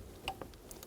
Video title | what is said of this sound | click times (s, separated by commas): How to Replace Ignition Starter Switch 2005-2015 Toyota Tacoma | push until you hear a click | 0.3 s